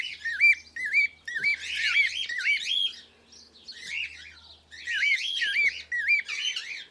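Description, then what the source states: Cockatiel chirping calls, wavy warbled notes repeated about twice a second in bursts. Pearl colour variety.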